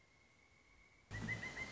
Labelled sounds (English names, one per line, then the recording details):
Pileated Woodpecker
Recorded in Sonoma County, California